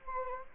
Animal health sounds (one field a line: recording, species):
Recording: mosquito wingbeat signal from an infrared sensor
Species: Anopheles gambiae